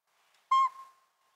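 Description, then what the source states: Northern Pygmy-Owl hoot: one clear whistled note held at a steady pitch for about a fifth of a second, then trailing off quietly. Pint-sized owl, not much bigger than a pine cone, hooting.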